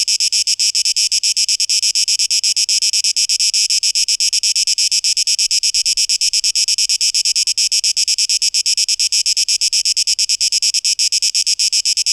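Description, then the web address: Cicadas buzzing: a harsh, high, hissing drone pulsed in rapid, steady beats throughout, with no other clear sounds. Cicadas recorded on 12 August 2023. "rauschpartikel Audio 2023-08-12 Zikaden"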